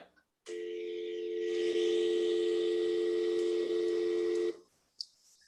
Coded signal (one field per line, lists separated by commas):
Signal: telephone call progress tone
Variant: North America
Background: speech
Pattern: dial tone